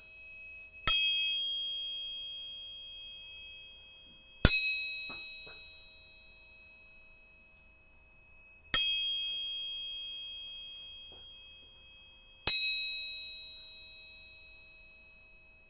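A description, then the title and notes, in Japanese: Tuning forks struck four times, at roughly four-second intervals. Each strike gives a sharp metallic click followed by a pure, high ringing tone of a couple of steady pitches that slowly fades until the next strike. Between strikes there is near silence. 音叉チューニング3本。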